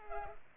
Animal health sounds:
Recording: mosquito wingbeat signal from an infrared sensor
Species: Culex pipiens

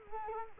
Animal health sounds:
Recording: mosquito wingbeat signal from an infrared sensor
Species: Culex quinquefasciatus

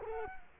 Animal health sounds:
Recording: mosquito wingbeat signal from an infrared sensor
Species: Culex quinquefasciatus

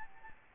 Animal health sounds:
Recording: mosquito wingbeat signal from an infrared sensor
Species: Aedes albopictus

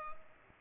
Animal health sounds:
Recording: mosquito wingbeat signal from an infrared sensor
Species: Culex pipiens

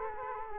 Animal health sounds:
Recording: mosquito wingbeat signal from an infrared sensor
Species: Culex quinquefasciatus

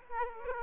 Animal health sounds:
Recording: mosquito wingbeat signal from an infrared sensor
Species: Aedes aegypti

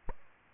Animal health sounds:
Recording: mosquito wingbeat signal from an infrared sensor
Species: Aedes aegypti

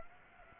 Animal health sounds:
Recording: mosquito wingbeat signal from an infrared sensor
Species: Aedes aegypti

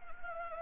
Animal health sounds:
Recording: mosquito wingbeat signal from an infrared sensor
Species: Anopheles gambiae

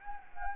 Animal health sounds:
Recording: mosquito wingbeat signal from an infrared sensor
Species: Anopheles gambiae

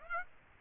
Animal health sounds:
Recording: mosquito wingbeat signal from an infrared sensor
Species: Aedes aegypti

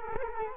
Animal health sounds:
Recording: mosquito wingbeat signal from an infrared sensor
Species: Culex quinquefasciatus

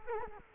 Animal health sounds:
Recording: mosquito wingbeat signal from an infrared sensor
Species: Culex quinquefasciatus

